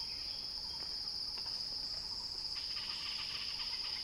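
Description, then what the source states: A high cicada buzz swells partway through into a louder, harsher pulsing chorus. Cicada song building in a crescendo.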